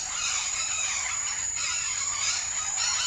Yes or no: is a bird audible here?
yes